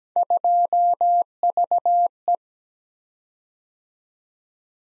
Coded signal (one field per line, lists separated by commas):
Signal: Morse code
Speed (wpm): 17 wpm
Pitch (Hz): 700 Hz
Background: none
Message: 2VE